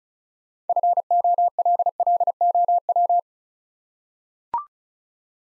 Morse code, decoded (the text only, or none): FOLLOW